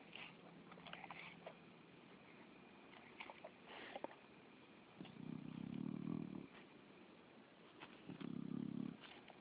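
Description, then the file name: Spotted hyena, two deep, drawn-out grunts in the second half, with sharp clicks and faint knocks beforehand. "Spotted Hyena Grunting (Crocuta crocuta)"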